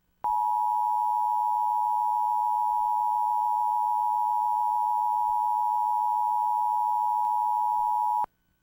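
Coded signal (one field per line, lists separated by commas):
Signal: Emergency Alert System (SAME) tones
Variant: 853 and 960 Hz attention tone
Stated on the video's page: Mock Colorado Required Monthly Test, simulated, run through a VCR for a vintage look.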